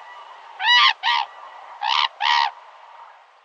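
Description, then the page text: Hooded crane calls, two pairs of loud, harmonic honking notes with a short gap between pairs. "흑두루미(Hooded Crane) 接寫"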